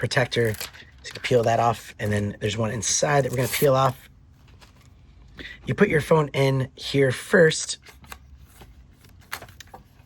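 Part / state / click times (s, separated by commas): smartphone into protective case / seated / 9.3 s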